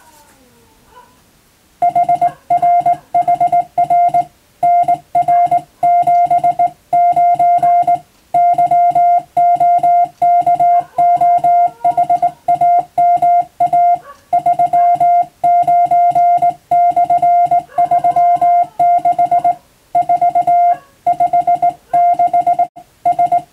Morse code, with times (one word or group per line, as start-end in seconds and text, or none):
1.8-4.2 HRHR
4.6-8.0 NR79
8.3-13.9 YOKOHAMA
14.3-19.5 39/36
20.0-20.7 4
21.1-22.6 56
23.1-23.4 S